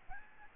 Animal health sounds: mosquito wingbeat signal from an infrared sensor; Aedes albopictus

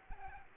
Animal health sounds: mosquito wingbeat signal from an infrared sensor; Aedes aegypti

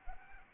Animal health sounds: mosquito wingbeat signal from an infrared sensor; Anopheles arabiensis

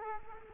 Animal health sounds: mosquito wingbeat signal from an infrared sensor; Culex quinquefasciatus

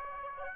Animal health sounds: mosquito wingbeat signal from an infrared sensor; Aedes aegypti

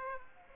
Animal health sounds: mosquito wingbeat signal from an infrared sensor; Aedes aegypti

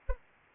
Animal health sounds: mosquito wingbeat signal from an infrared sensor; Anopheles arabiensis

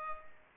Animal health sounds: mosquito wingbeat signal from an infrared sensor; Culex pipiens

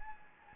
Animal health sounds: mosquito wingbeat signal from an infrared sensor; Anopheles gambiae

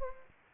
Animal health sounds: mosquito wingbeat signal from an infrared sensor; Anopheles gambiae

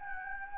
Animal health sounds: mosquito wingbeat signal from an infrared sensor; Anopheles gambiae

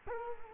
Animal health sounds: mosquito wingbeat signal from an infrared sensor; Culex quinquefasciatus

